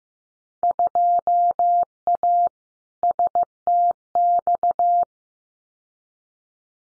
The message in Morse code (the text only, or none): 2A STX